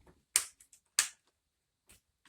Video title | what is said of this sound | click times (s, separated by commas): Acer Aspire E5 Hinge set replacement --- Part 4 Repair and close the main board | there's a click click song | 0.4 s, 1.0 s